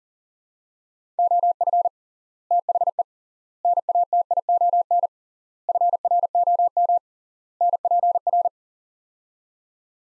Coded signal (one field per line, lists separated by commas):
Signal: Morse code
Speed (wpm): 40 wpm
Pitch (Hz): 700 Hz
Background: none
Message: OF THE NATION FROM NPR